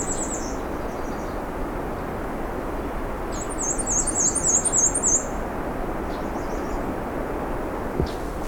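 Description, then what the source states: Black-and-white Warbler song: a thin, very high series of squeaky two-part notes repeated rapidly for about two seconds, over steady low background noise. Heard again; quite a few present along a road allowance skirting the edge of national park lands.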